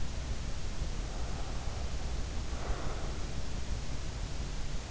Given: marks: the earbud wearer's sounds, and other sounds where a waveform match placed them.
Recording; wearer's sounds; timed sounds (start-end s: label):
sounds in sleep by an in-ear microphone; breath
0.82-3.28 s: breath